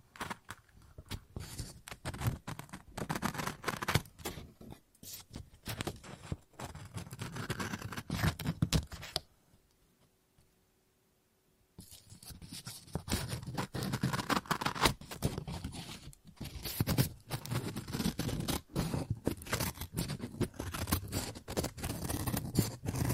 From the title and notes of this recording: ASMR Scissors No Talking Snips and Cutting Paper.